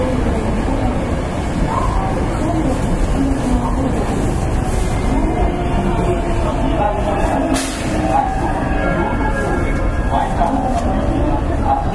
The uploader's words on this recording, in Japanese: JR西日本223系 JR神戸線快速 神戸から大阪まで。JR西日本223系電車の走行音です。JR神戸線の快速列車で録音しました。